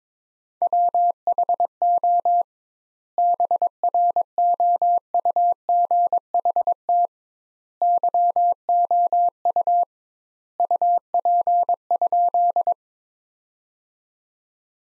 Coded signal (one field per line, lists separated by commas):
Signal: Morse code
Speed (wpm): 22 wpm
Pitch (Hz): 700 Hz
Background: none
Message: WHO BROUGHT YOU UP?